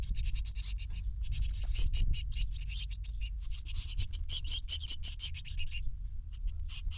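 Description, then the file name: Eurasian blue tit chicks begging: waves of shrill, fast, high-pitched squeaking that swell and fade, mixed with scratching and clicking over a constant low hum. Chicks being fed. "Blue tit (Cyanistes caeruleus) chicks being fed"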